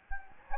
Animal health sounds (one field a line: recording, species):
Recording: mosquito wingbeat signal from an infrared sensor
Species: Anopheles gambiae